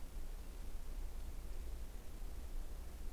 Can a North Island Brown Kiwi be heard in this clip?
no